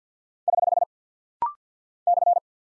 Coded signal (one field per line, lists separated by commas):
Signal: Morse code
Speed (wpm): 48 wpm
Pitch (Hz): 700 Hz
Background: none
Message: <HH> /